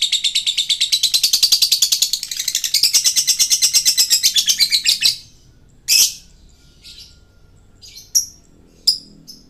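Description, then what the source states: Lovebird song: a rapid, steady train of shrill high chirps for about five seconds, then silence broken by a few sharp isolated squeaks. Male lovebird in continuous, prolific singing style called gacor.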